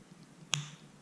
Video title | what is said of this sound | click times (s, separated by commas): Avet HXW Raptor Ceramic Bearing Upgrade | there we go presses right in you can hear it pop | 0.5 s